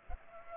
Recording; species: mosquito wingbeat signal from an infrared sensor; Culex pipiens